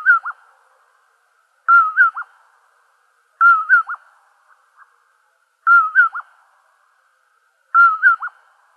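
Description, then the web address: Common poorwill repeating a whistled three-part 'poor-will-ip' phrase five times at slightly uneven intervals, with two faint soft notes after the third phrase. "Nightjars. deviche"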